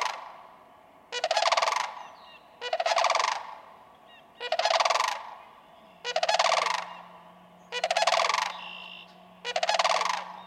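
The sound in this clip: Sandhill crane bugling, six rolling, rattled calls in a regular series, with a low steady hum starting partway through.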